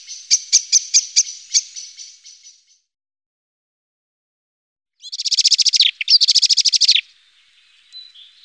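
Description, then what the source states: Common blackbird alarm: a series of sharp clicking chinks, then after a silence two loud rapid rattling chatters in quick succession. Various alarm calls.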